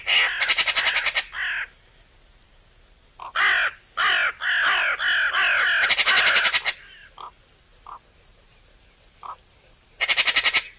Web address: SETE Pica pica